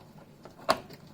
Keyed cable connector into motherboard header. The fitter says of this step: et des vous avez entendu le petit clic c'est branché